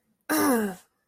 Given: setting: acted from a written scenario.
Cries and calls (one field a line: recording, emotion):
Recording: vocal sound without words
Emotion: anger